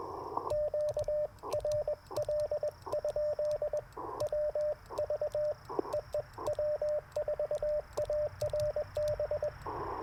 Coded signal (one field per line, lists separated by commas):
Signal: Morse code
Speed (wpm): 20 wpm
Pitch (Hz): 600 Hz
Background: radio noise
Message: QRL? WV EE W4ARB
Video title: Morning Morse Code - 11/11/2024